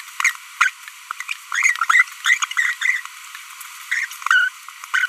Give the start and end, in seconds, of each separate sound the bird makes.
0.20-0.31, 0.61-0.69, 1.29-1.33, 1.52-1.85, 1.90-2.02, 2.25-2.37, 2.42-2.44, 2.57-2.73, 2.82-3.00, 3.91-4.05, 4.22-4.48, 4.94-5.06